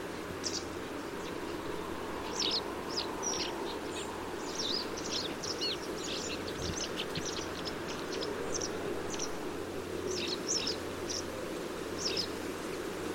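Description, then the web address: Bird calls, many short high chirps and thin downslurred notes scattered irregularly throughout, over a steady broad background hiss and low rumble. "cianscape birddata Deverinetal 2025"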